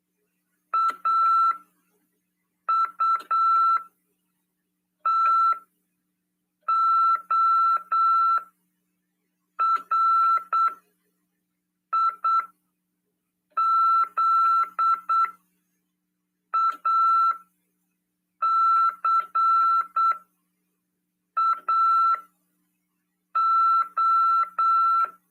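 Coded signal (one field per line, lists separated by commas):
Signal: Morse code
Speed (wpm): 8 wpm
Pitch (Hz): 1340 Hz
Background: none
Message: AUTORIZACAO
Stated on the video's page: Morse code (CW) class lesson 47 for amateur radio.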